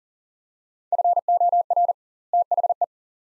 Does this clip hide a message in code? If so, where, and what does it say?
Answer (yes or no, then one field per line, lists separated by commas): yes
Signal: Morse code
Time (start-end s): 0.9-2.8 s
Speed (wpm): 40 wpm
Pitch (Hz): 700 Hz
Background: none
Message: FOR THE